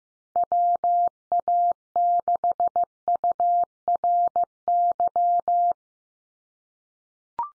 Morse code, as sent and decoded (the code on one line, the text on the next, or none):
.-- .- -.... ..- .-. -.--
WA6URY